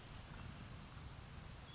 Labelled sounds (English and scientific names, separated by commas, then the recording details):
California Towhee (Melozone crissalis)
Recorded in Sonoma County, California